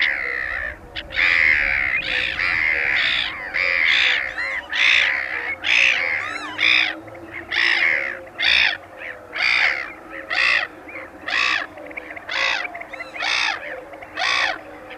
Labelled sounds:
Black-headed Gull (Chroicocephalus ridibundus) call
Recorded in the wild
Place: Holdenlacke, AT
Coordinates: 47.7728, 16.9197
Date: 1972-05-07
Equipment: Uher Report 4200, AKG D190C in Doppel-Parabolreflektor
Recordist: Krey, Winfried

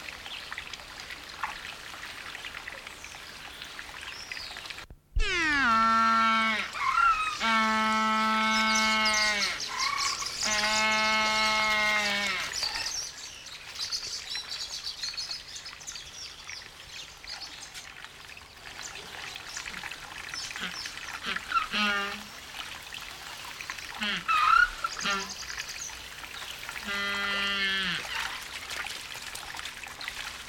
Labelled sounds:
Humboldt Penguin (Spheniscus humboldti) call
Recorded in captivity
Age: adult
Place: Zoo Berlin, Berlin, DE
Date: 1994-02-12 12:02
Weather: bedeckt, leichter Schneefall, um 0°C
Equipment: Marantz CP 430, Sennheiser MKH 416 T, Kopie Uher Variocord 263
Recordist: Tembrock, Günter

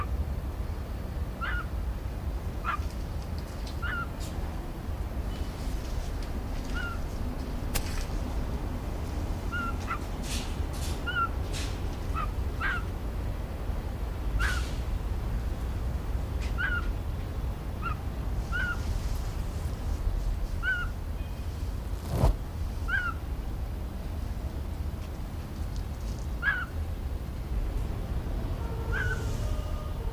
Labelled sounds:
Eurasian Scops Owl (Otus scops) call
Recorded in captivity
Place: Zoo Berlin, Berlin, DE
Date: 1997-10-03 19:40
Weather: heiter, 11°C
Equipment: Sony MD-WM MZ-R3, Sennheiser ME 80, Kopie Uher 4000 Report Monitor
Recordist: Tembrock, Günter

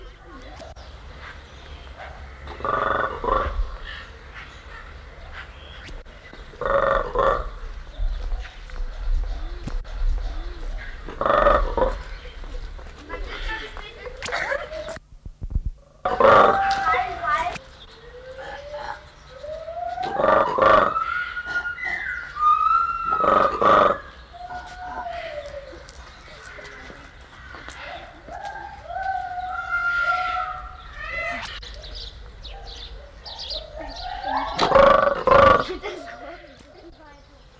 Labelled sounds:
Mantled Guereza (Colobus guereza) call
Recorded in captivity
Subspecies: caudatus
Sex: male
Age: adult
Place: Zoo Magdeburg, Sachsen-Anhalt, DE
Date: 1995-04-05
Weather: heiter, 8°C
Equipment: Marantz CP 430, Sennheiser ME 80, Kopie Uher Variocord 263
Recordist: Tembrock, Günter

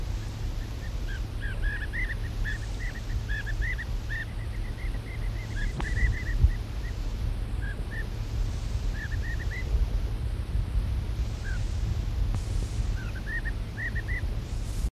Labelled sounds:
Spike-heeled Lark (Chersomanes albofasciata) call
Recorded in the wild
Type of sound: call
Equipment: Halbspur, 9,5 cm/s
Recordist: Lütgens, Hans
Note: Rufe

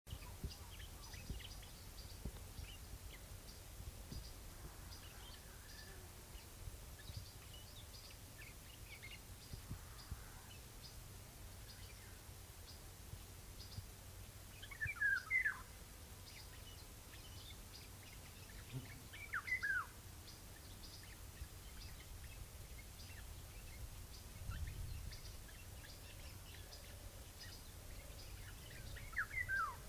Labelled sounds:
Eurasian Golden Oriole (Oriolus oriolus)
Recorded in the wild
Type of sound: subsong, song
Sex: male
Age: adult
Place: Russalka, Dobrudsha, BG
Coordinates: 43.4139, 28.5067
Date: 2005-07-23 10:45
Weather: sunny, 25°C, nearly no wind
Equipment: Marantz PMD 660, Sennheiser ME 80, K 3 U, Schalter II
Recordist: Frommolt, Karl-Heinz
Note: Zwischen Russalka und Taukliman: Gesang und leiser subsong

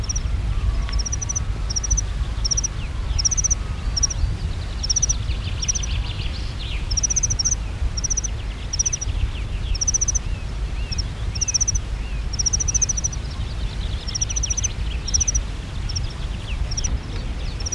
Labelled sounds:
Meadow Pipit (Anthus pratensis) call
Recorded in the wild
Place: DE
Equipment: Halbspur, 9,5 cm/s
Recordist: Lütgens, Hans

